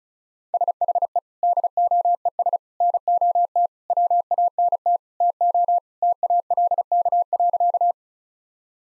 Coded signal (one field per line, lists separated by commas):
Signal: Morse code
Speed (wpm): 36 wpm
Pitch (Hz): 700 Hz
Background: none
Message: SHE DOES NOT WANT TO TALK.